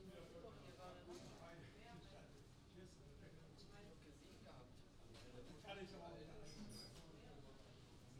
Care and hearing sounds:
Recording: everyday scene through a hearing-aid microphone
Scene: many people talking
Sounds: many voices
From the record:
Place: university cafeteria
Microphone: in the ear canal, right

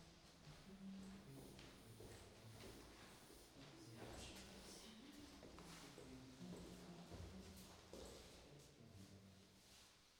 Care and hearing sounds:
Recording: everyday scene through a hearing-aid microphone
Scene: reverberant space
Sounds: speech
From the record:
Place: staircase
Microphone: in the ear canal, right

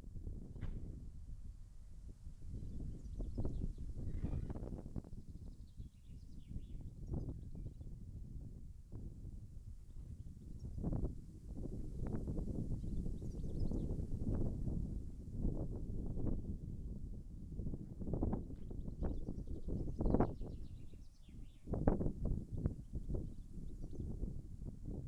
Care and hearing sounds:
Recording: everyday scene through a hearing-aid microphone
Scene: wind on the microphone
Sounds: wind, birds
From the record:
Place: in front of a rural house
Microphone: behind the ear, left, rear

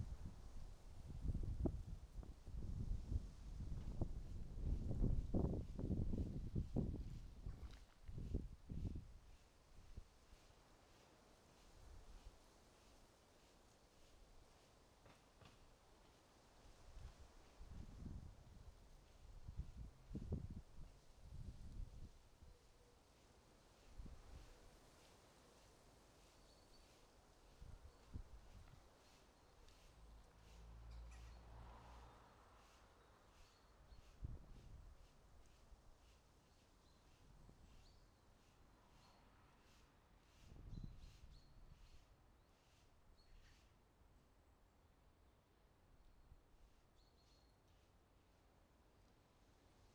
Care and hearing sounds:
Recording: everyday scene through a hearing-aid microphone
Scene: wind on the microphone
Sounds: wind, other noises, traffic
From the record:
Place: suburban garden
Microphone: in the ear canal, right

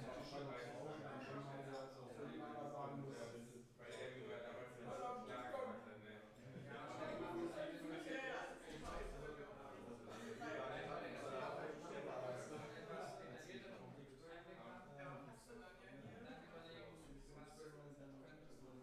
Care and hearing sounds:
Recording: everyday scene through a hearing-aid microphone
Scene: many people talking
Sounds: many voices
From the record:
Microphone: behind the ear, left, front

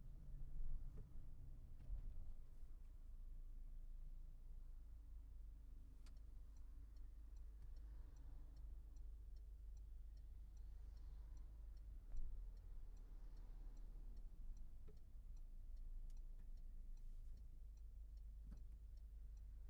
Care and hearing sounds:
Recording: everyday scene through a hearing-aid microphone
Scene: in a vehicle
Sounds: engine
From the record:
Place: Berlingo II, diesel engine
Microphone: behind the ear, left, front

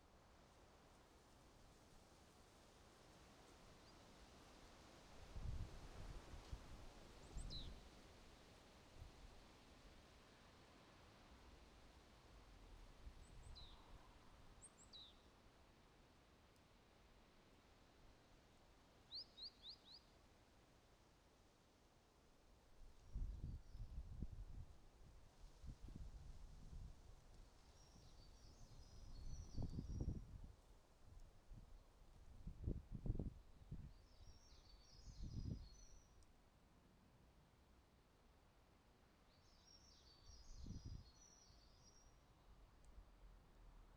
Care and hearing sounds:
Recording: everyday scene through a hearing-aid microphone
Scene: wind on the microphone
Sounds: wind, traffic, birds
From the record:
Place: suburban garden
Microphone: in the ear canal, right

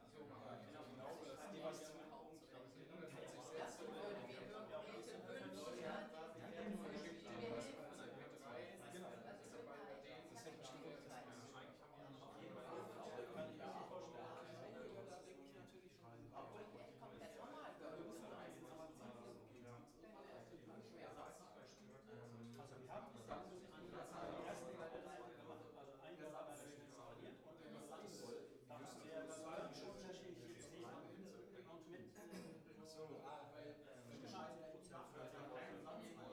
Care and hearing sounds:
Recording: everyday scene through a hearing-aid microphone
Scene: many people talking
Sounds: many voices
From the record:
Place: bistro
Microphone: behind the ear, right, front

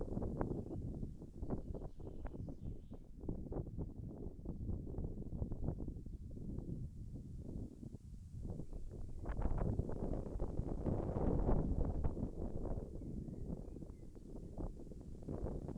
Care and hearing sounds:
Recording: everyday scene through a hearing-aid microphone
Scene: wind on the microphone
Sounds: wind, birds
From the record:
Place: in front of a rural house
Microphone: behind the ear, left, front

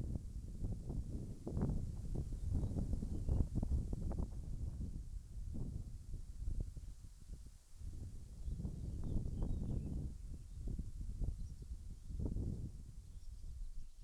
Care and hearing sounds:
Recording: everyday scene through a hearing-aid microphone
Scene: wind on the microphone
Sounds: wind, birds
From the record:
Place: in front of a rural house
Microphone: behind the ear, left, rear

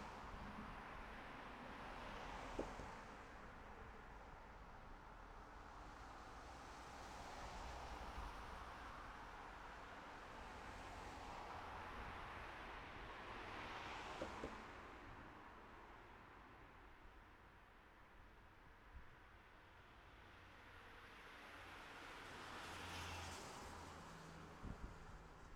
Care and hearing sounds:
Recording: everyday scene through a hearing-aid microphone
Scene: in traffic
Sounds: traffic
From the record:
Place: city secondary road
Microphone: behind the ear, right, front

